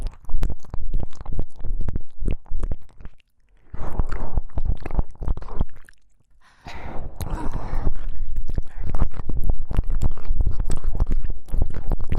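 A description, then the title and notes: Close, wet ear-licking sounds crowd together in rapid smacks and slurps, with soft breathy washes around four and seven seconds and brief pauses. ASMR×KU100. 吸了又吸啜取大腦穿透舔耳 | 耳舐め | Ear Licking.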